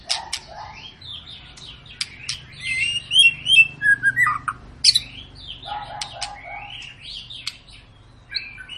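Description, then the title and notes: White-rumped shama: songbird giving a jumble of whistles and buzzy notes over a steady low background hum. Long, actively singing (gacor) lure song (pancingan) played to make birds sing. "Pancingan Murai Batu Gacor Panjang. muraiku"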